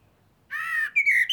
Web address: SETE data Turdus merula